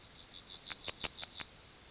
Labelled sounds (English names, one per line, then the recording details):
Yellowhammer song
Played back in grassland
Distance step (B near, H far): B
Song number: 168